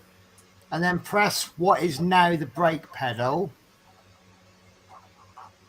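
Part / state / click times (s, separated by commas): pedal switch part into model truck cab assembly / not seated / none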